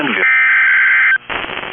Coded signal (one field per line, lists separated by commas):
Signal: Emergency Alert System (SAME) tones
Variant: header bursts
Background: speech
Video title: (Stream Error) NOAA Weather Radio · WNG642 Arab, Alabama · EAS #14 · Tornado Warning · 02/16/25